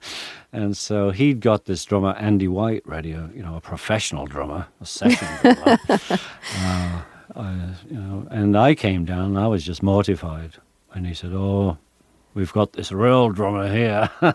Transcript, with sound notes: And so he'd got this drummer, Andy White, ready, you know, a professional drummer, a session drummer.
(Laughter).
You know, and I came down and I was just mortified. And he said, oh, we've got this real drummer here